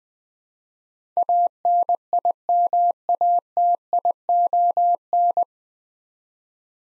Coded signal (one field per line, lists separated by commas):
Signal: Morse code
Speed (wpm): 21 wpm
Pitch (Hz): 700 Hz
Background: none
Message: ANIMATION